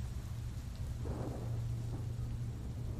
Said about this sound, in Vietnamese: Hắn lê từng bước nặng nhọc về nơi có tiếng ve vang, nước mưa chảy ào ào, rửa trôi đi những vệt máu còn sót lại.